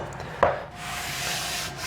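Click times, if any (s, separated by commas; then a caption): 0.4 s. A pry bar forces a Lifeproof multi-width vinyl flooring plank sideways to close a paper-thin gap at the wall row. A sharp click at 0.4 s marks the plank seating into the adjacent plank's joint, followed by a steady rubbing noise. The plank is seated.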